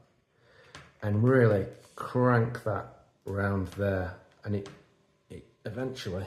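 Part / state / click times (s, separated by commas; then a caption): plastic strap clamp onto water-fed pole / not seated / none. A watch-strap style plastic band clamp is cranked round a water-fed pole while someone talks throughout. A brief sharp sound at 0.8 s stands out, but nothing has seated or clicked into place yet.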